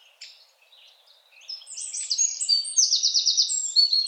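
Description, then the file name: Eurasian wren song: faint high notes first, then a loud rapid run of very high twittering notes ending in a fast, even trill near the close. "Troglodytes troglodytes"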